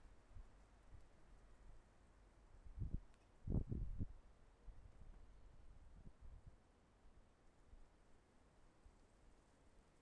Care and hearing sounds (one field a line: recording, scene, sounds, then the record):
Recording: everyday scene through a hearing-aid microphone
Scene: wind on the microphone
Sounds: wind, traffic, birds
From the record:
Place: suburban garden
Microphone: behind the ear, left, front